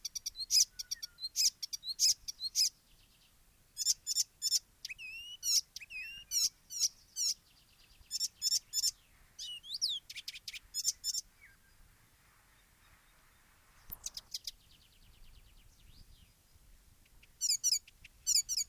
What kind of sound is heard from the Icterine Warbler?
song